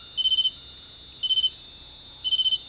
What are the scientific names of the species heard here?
none